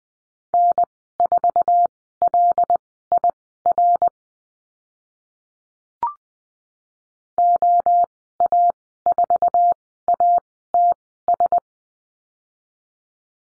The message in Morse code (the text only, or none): N4LIR OA4ATS